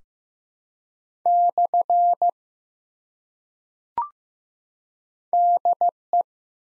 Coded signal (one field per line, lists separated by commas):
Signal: Morse code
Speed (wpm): 15 wpm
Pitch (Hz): 700 Hz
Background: none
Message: / DE